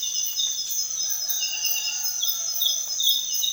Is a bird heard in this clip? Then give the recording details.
yes. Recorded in secondary vegetation near Puerto Asís, Putumayo, Colombia, on 30 June 2025 at 05:30. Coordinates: 0.498, -76.327. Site GP09